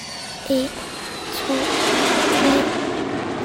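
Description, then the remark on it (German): Aircraft jet engines start and spin up into a steady, rising whoosh and roar, while three short two-note electronic chimes sound at even intervals about a second apart over the noise. “Als die Motoren starten, denke ich wie immer an den Tod.”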